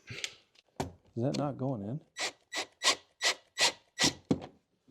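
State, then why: Seated. A replacement interior door handle for a Lincoln MKZ, Ford Fusion or Mercury Milan is pushed into the car door trim panel while someone talks. A series of rhythmic rubbing, rasping strokes leads up to a sharp hit at 4.3 s as the handle snaps in and seats solidly.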